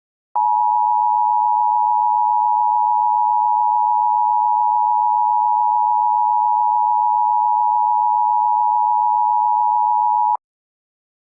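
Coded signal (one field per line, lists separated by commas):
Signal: Emergency Alert System (SAME) tones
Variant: 853 and 960 Hz attention tone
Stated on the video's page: Fictional EAS scenario, a simulated alert.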